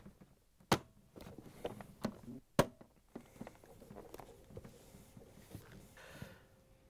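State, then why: Seated. A plastic control panel assembly for a Samsung refrigerator ice dispenser (DA97-05368A door assembly) is lined up and pushed into the dispenser recess. Two loud, sharp snaps are heard at 0.7 s and 2.6 s, with quieter handling knocks between them. The panel locks into place.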